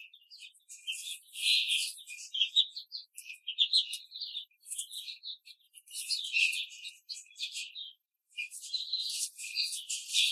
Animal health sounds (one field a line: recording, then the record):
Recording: young laying hens in a cage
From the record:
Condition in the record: control cage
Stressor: none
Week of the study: 5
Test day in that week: 1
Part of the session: 2